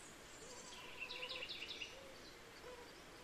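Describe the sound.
Buff-breasted wren song: a quick run of about six clear, bright repeated notes lasting under a second, set against steady background hiss and faint lower sounds.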